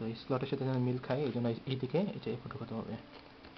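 Someone talks while lining up a slot on a lens or insert part with the slot inside a Sony Alpha A33 camera body, preparing to push the part in. Only faint, brief handling sounds come near the end, around 3.5 s. Nothing has seated or clicked yet.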